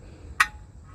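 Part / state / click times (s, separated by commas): brake shoe into truck axle brake assembly / seated / 0.4 s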